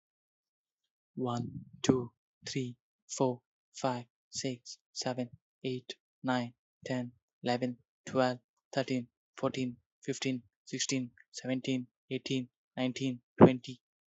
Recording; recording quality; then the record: counting at a normal pace; excellent, no background noise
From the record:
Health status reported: healthy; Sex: male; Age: 22 years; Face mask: not worn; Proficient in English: yes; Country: India